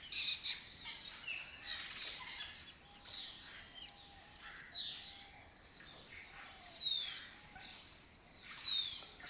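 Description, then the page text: Lesser kestrel calls: harsh, downward-slurred squealing notes repeated at intervals, with softer chatter between. Colony of migratory lesser kestrels breeding in an abandoned building complex in Doñana, southern Europe; they forage in West Africa. "Lesser Kestrels Took Over an Abandoned Building - wp.earth.fm. A migratory raptor wich spends its foraging time in West Africa and breeds in southern Europe. Here in Doñana"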